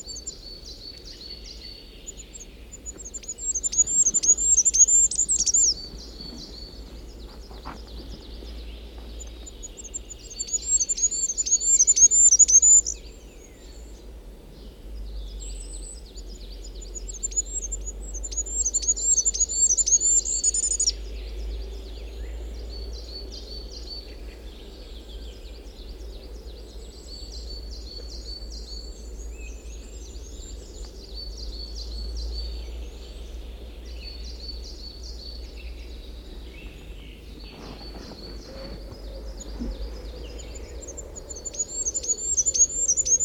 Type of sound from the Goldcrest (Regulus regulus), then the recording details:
song. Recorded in the wild. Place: Gingst, Gingster Heide, Mecklenburg-Vorpommern, DE. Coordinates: 54.47, 13.334. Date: 1975-05-01. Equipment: Nagra III BH, Sennheiser MD 21, parabola. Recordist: Schubert, Michael